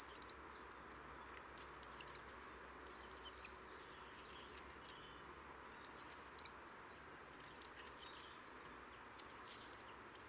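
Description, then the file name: Eurasian blue tit calls: high, thin notes sliding downward, in quick groups of up to three, repeated at irregular intervals. "Cyanistes caeruleus"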